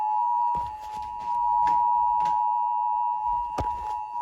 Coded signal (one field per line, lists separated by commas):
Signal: Emergency Alert System (SAME) tones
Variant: 853 and 960 Hz attention tone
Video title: (ARCHIVED) Well this was unexpected.. (EAS Alerts #62-67)